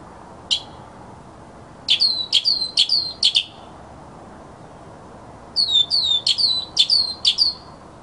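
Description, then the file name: Mockingbird song: a single high note, then quick runs of sharp, high, slurred notes in two bursts separated by a pause. Labelled a 'masteran' (tutor) sound recording of a mockingbird. "suara masteran mockingbird"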